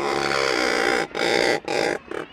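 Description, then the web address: Razorbill calls, coarse and croaking, in a drawn-out growl followed by two shorter rasps and a final brief grunt. Razorbills nest in colonies, principally on the coast of Iceland, in crevices among boulders. "birdnote razorbills-swim-in-synchrony"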